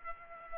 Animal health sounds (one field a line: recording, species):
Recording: mosquito wingbeat signal from an infrared sensor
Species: Aedes aegypti